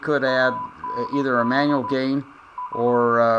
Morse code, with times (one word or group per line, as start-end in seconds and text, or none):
0.3-1.9 AND
2.6-3.0 S